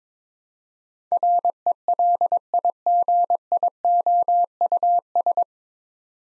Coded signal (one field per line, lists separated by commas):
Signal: Morse code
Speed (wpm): 22 wpm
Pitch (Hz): 700 Hz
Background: none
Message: RELIGIOUS